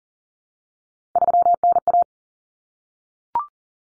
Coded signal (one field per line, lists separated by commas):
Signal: Morse code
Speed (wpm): 40 wpm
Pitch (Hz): 700 Hz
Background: none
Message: 3NA